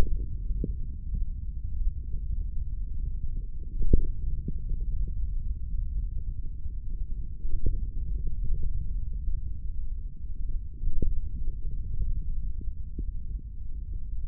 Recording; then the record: forearm muscle sounds (acoustic myography)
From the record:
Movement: hand opening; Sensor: system 3, bracelet of six PUI Audio POM-2738L microphones around the upper forearm, with dedicated amplification and filtering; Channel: 1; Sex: male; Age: 25 years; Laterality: right